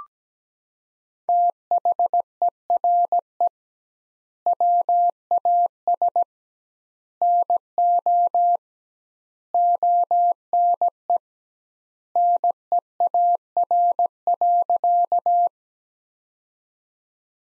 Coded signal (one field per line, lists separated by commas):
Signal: Morse code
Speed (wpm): 17 wpm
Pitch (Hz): 700 Hz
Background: none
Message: THERE WAS NO ONE NEAR.